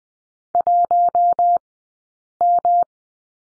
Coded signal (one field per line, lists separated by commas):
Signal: Morse code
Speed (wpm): 20 wpm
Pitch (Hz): 700 Hz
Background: none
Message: 1M